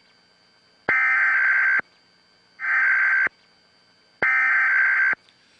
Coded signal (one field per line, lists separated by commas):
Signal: Emergency Alert System (SAME) tones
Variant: header bursts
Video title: [Trump News]EAS Test on 11-9-11 Holds Power to Cut Broadcast Signal